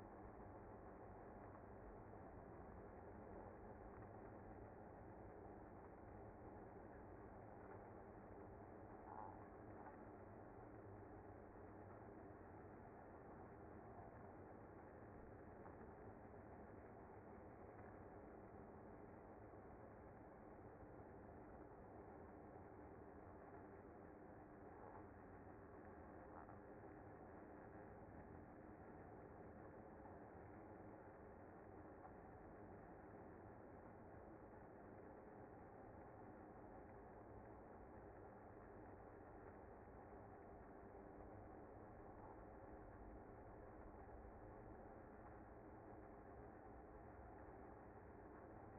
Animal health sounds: honeybee colony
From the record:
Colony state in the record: active

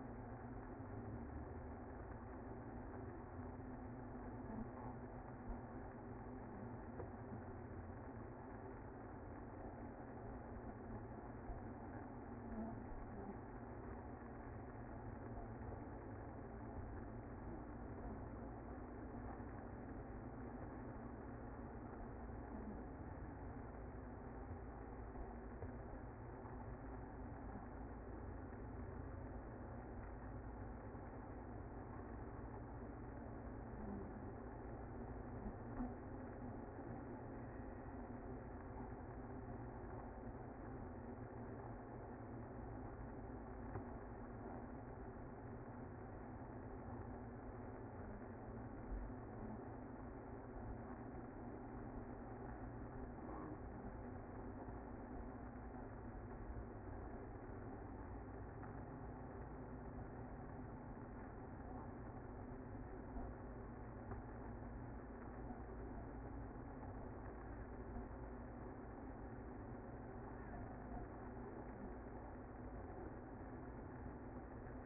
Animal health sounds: honeybee colony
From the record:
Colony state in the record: active

